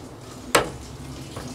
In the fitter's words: and then just push, and you'll here a little click, and it's installed.